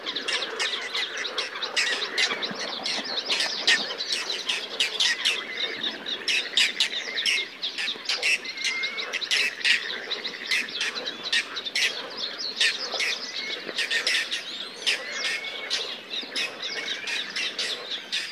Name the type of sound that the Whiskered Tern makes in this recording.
flight call